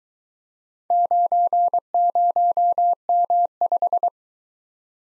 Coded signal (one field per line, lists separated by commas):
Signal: Morse code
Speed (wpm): 22 wpm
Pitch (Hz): 700 Hz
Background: none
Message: 90M5